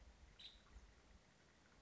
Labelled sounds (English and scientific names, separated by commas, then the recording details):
Nuttall's Woodpecker (Dryobates nuttallii)
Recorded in Sonoma County, California